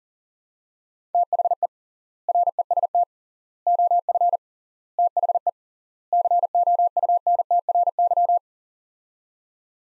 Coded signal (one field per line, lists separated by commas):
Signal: Morse code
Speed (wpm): 40 wpm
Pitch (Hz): 700 Hz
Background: none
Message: THE REST OF THE COUNTRY